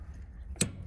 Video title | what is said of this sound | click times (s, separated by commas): DIY! 98-02 Acoord fuel sending unit cg6 | there clicks into place and then just make sure they're both pressed out clipped into place | 0.6 s